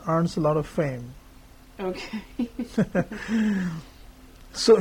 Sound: laughter